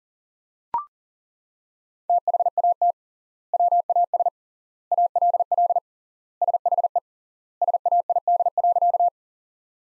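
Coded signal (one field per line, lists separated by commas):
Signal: Morse code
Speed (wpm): 40 wpm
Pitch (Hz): 700 Hz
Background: none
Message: THAT WAS ALL SHE SAID.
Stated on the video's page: Sentence practice from the top 100 words at 40 wpm with 3x word spacing, similar to the Farnsworth method.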